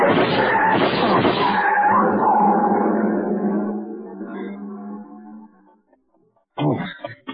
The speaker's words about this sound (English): The car. See the car. The one that just gunned out. Oh, the car. We had a long black coupe, a lot of chrome. A fella didn't have his lights on.